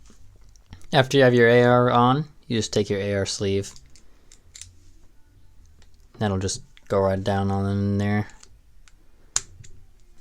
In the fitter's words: Just click into place.